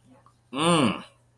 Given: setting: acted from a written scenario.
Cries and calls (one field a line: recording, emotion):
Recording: vocal sound without words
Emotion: desire